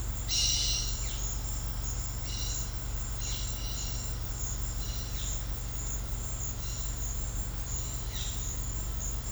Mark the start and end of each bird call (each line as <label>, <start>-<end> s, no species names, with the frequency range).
bird call (1.8-8.4 kHz), 0.30-0.90 s
bird call (2.0-6.3 kHz), 2.13-5.36 s
bird call (1.9-6.1 kHz), 8.09-8.48 s